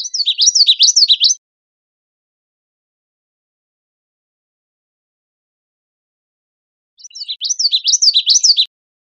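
Common yellowthroat giving two bursts of rapid repeated high phrases, separated by several seconds of silence.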